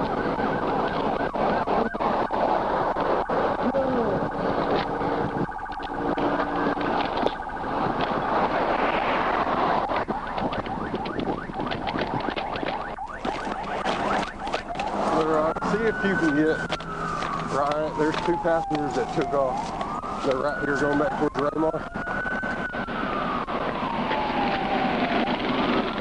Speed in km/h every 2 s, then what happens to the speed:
0, 0, 0, 0, 0, 0, 0, 0, 0, 0, 0, 0, 0.
0-26 standing.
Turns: none.